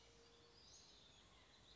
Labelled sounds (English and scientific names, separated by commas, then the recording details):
Western Flycatcher (Empidonax difficilis)
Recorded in Sonoma County, California